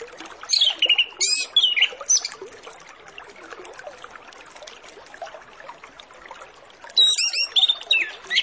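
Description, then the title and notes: Orange-headed Thrush song: varied whistled phrases with descending slurs at the start and again near the end, with soft twittering between. Lure recording used to prompt Orange-headed Thrushes to sing quickly; full 'isian' song with mimicked fill-in phrases. "Masteran Anis Kembang Full Isian Untuk Suara Pancingan Anis Kembang Agar Cepat Ngeplong. Suara Burung Anis Kembang"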